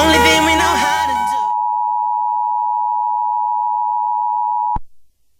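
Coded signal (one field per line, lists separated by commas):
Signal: Emergency Alert System (SAME) tones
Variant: 853 and 960 Hz attention tone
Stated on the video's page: Fictional EAS scenario about a megalodon attacking San Diego, containing valid tones and sirens.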